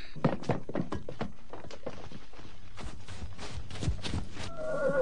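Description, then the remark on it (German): In the 1973 German-language Bessy story Die Dynamitfalle, heavy hoofbeats of a horse thud in an uneven clatter throughout, and near the end the horse lets out a high, wavering whinny over the continuing hooves. “Ja, da, mein Pferd.”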